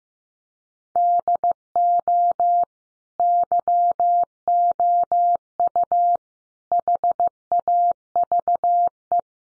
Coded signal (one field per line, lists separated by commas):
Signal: Morse code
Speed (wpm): 15 wpm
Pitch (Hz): 700 Hz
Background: none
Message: DO YOU HAVE